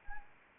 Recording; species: mosquito wingbeat signal from an infrared sensor; Anopheles arabiensis